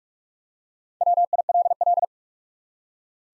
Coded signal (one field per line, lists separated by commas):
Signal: Morse code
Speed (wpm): 46 wpm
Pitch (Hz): 700 Hz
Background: none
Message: WILL